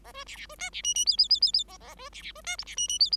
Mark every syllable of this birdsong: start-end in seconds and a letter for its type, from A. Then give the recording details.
0.04-0.12 A, 0.13-0.24 B, 0.26-0.36 C, 0.36-0.46 C, 0.49-0.55 B, 0.58-0.70 D, 0.72-0.82 C, 0.83-0.94 E, 0.94-1.05 E, 1.06-1.17 F, 1.17-1.28 F, 1.29-1.40 F, 1.41-1.51 F, 1.53-1.64 F, 1.68-1.77 A, 1.80-1.95 A, 1.97-2.09 B, 2.12-2.22 C, 2.22-2.32 C, 2.35-2.41 B, 2.44-2.56 D, 2.58-2.64 G, 2.66-2.75 C, 2.76-2.88 E, 2.88-2.99 E, 2.99-3.10 F. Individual Bird5